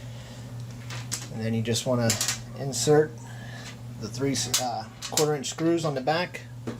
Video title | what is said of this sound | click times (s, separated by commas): Replacing The Water Inlet Valve On A GE Washing Machine | you want to slide it to the left and just push it back you'll feel it snap into place and | 1.1 s